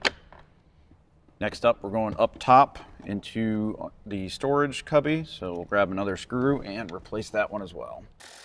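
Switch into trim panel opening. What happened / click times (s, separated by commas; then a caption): The switch snapped back into the panel / 0.1 s. A switch for an Alpine backup camera kit on a 2007–2018 Jeep Wrangler JK is oriented correctly and pushed back into its dash trim panel opening, with a sharp click as it seats at 0.1 s and a fainter tick at 0.3 s. Someone then talks for the rest of the clip.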